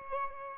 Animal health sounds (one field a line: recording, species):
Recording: mosquito wingbeat signal from an infrared sensor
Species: Aedes albopictus